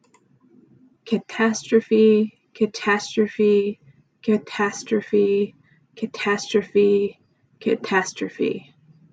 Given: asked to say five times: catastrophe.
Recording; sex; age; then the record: repeated word; female; 30 to 39 years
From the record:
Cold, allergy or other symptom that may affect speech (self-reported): no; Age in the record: 37 years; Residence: California, United States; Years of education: 16